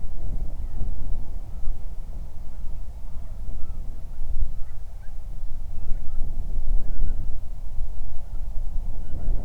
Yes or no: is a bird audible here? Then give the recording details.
yes. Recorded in the Prudhoe Bay oil fields, Alaska, on 31 July 2019 at 07:32. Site 24